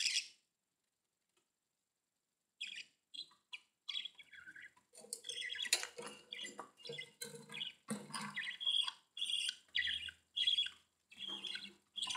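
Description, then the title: Budgerigar chattering after a short call and a pause, a busy mix of scratchy squawks, buzzy chirps and clicks, with a faint low thump now and then. "Budgie Sounds"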